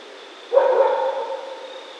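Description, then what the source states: Raccoon giving a single brief harmonic call that fades out, with a steady high hum throughout. Recorded 28 October 2010.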